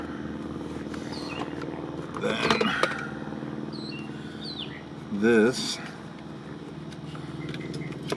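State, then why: Seated. A plastic piece is pressed back onto a car's power window switch assembly during reassembly, over a steady low hum while someone talks. Louder bursts of noise come around 2.3 and 5.3 seconds. Two sharp clicks at 7.5 and 8.1 seconds mark the piece snapping right into place.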